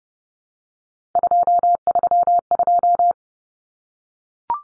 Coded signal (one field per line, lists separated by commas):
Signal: Morse code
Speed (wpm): 30 wpm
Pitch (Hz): 700 Hz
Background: none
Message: 232